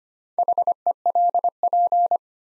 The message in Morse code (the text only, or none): HELP